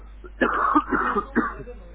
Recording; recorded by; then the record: voluntary cough; telephone call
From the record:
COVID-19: positive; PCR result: checked with the laboratory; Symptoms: no